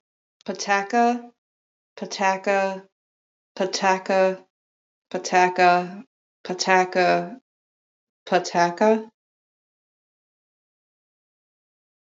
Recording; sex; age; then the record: repeated syllables /pa ta ka/; female; 20 to 29 years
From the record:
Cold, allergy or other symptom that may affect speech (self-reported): no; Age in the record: 25 years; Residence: Michigan, United States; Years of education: 13